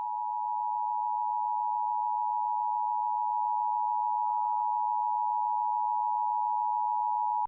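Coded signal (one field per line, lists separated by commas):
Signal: Emergency Alert System (SAME) tones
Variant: 853 and 960 Hz attention tone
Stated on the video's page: Flash flood warning EAS tones received on a television station.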